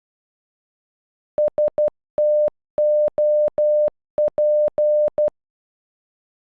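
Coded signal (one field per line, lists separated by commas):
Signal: Morse code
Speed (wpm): 12 wpm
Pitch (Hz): 600 Hz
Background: none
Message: STOP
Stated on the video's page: Morse code for a single word, made with an online translator tool.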